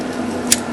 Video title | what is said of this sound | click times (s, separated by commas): Replace The Oil Pressure Switch Dodge Ram 5.7 Hemi / PO524 /Low Oil Pressure | And you'll hear it snap in. | 0.5 s